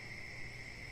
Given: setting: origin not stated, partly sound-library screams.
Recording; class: one-second piece from a danger detection set; normal situation